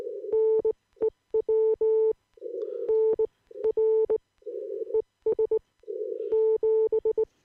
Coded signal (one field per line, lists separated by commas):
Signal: Morse code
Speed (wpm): 18 wpm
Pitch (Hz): 440 Hz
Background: none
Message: NEW N R ES 7